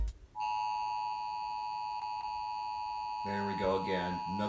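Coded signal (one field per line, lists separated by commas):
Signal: Emergency Alert System (SAME) tones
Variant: 853 and 960 Hz attention tone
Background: speech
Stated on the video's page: Real civil emergency message alert, not a test.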